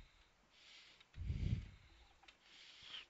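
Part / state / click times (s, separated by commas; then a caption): plastic building brick onto brick model / not seated / none. A plastic Lego brick is pressed repeatedly onto a plastic Eiffel Tower brick model, giving small, faint taps near 1.0 s and 2.3 s, with a louder low, muffled burst between about 1.2 and 1.6 s over soft hiss. The brick fails to click in, and nothing has seated or clicked yet.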